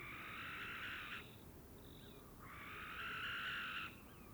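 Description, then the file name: Barn owl giving two long, rasping, hissy screams separated by a brief pause, with a faint high pip and a low background rumble. A pair in courtship flight. "Common Barn Owl Courtship flight of pair"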